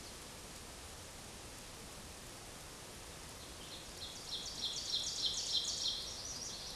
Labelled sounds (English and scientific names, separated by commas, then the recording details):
Ovenbird (Seiurus aurocapilla) song
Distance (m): 40 m
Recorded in a Pennsylvania forest on 17 May 2023 at 14:02
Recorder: AudioMoth, point grid1_1_low
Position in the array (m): 209 m, 27 m